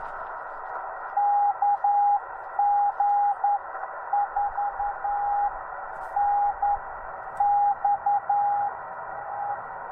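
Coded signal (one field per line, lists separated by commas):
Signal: Morse code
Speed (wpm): 10 wpm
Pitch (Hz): 820 Hz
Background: radio noise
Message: KG4NXE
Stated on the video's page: Parks on the Air CW activation, Yaesu FT-891 at 25 watts, straight key, 17-foot Chameleon whip on a mag-mount; unedited raw recording.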